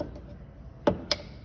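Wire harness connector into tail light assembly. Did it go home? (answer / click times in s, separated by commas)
yes / 0.9 s, 1.1 s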